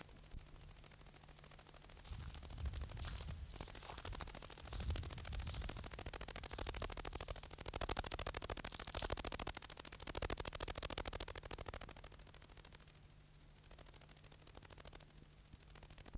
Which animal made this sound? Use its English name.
Great Green Bush-cricket